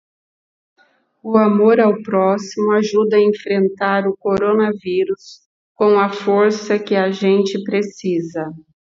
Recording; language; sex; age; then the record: spoken sentence; Brazilian Portuguese; female; 40 to 49 years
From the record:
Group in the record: control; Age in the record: 48 years